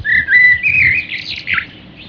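A bird giving a short run of chirping, whistled notes that rise in pitch.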